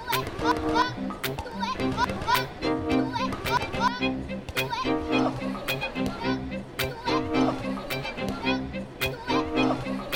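Children shout and play in an open square, their high voices overlapping almost continuously for the whole stretch. Sharp knocks and thuds punctuate the chatter every second or so, like a ball being kicked and bounced, over a low hum of adult voices.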